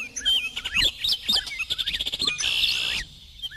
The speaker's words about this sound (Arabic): العصافير والبلابل تقف على أغصاني وتغني للفلاح، ألا أعرفها؟ يا سلام، ما أجمل غناء الطيور.